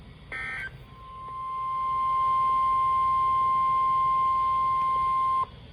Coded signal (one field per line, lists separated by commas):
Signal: Emergency Alert System (SAME) tones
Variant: 1050 Hz attention tone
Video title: JUNE MADNESS || EAS Alerts from 6-2-22 || EAS 192-211